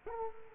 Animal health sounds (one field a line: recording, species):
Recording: mosquito wingbeat signal from an infrared sensor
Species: Culex quinquefasciatus